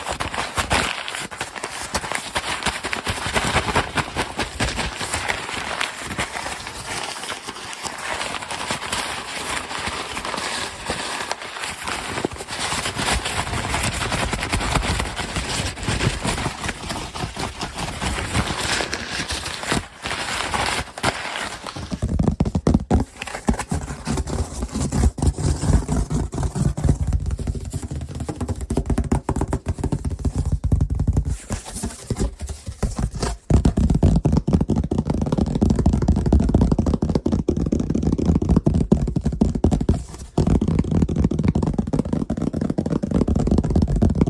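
Fast, aggressive tapping and scratching, dense and continuous with no pauses. For the first twenty seconds it is bright and crackly; after that the sound turns heavier and more muffled, with low thumping rubs under quicker, scattered taps through the end.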